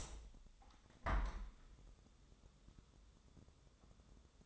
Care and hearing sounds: daily activity, microphone in the room; open window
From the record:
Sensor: 3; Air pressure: 1014.9 hPa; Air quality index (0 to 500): 66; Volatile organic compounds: 1 ppm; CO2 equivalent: 872 ppm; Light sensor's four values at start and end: 9/22/9/9 and 10/23/9/9

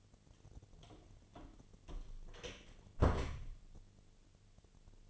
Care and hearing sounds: daily activity, microphone in the room; close door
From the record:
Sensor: 4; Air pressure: 1008.6 hPa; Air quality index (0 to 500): 170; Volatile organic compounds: 5 ppm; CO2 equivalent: 1710 ppm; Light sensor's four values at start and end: 23/73/27/26 and 25/79/30/29

